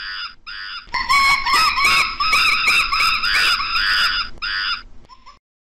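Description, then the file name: Monkey screaming calls: loud, harsh, harmonic screams run together in a near-continuous chattering stream, with a few separate wavering cries at the start and end. "Tieng khi keu"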